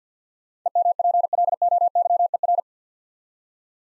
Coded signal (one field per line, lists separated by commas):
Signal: Morse code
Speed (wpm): 45 wpm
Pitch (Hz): 700 Hz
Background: none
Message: EMPLOYER